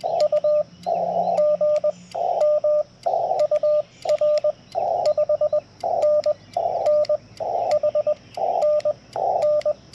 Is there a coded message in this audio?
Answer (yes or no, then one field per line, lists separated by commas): yes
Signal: Morse code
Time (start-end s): 0.2-9.7 s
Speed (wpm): 18 wpm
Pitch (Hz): 600 Hz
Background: radio noise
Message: U GM UR 5NN HNN